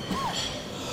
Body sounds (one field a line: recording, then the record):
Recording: coughing mixed with background sound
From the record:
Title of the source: Spring Allergy Coughing